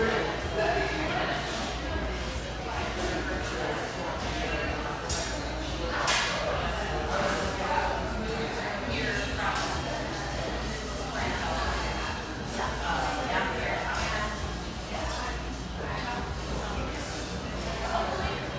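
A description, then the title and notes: A coffeehouse in a mid-morning lull, filled with a steady blur of overlapping voices and chatter. Sharp clinks and knocks of cups or dishes cut through every few seconds, most clearly around six seconds, over a low, constant hum. The coffee rush fades to a mid-morning lull in this sunlight coffeehouse, tucked behind a bakery near this coastal California paradise.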